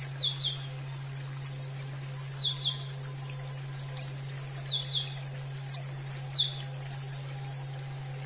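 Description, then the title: Oriental magpie-robin song, softer whistled phrases of rising then falling notes spaced a second or two apart, with a steady low hum underneath. "Kicau Kacer"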